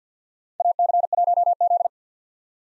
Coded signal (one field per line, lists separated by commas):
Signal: Morse code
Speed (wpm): 50 wpm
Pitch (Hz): 700 Hz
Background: none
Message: AC1Z